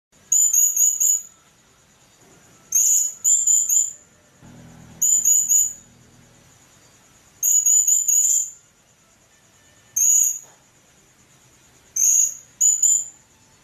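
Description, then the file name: Blue-crowned hanging parrot calls: short, sharp, squeaky high notes in quick groups, repeated every few seconds, with a faint continuous high tone behind. "serindit"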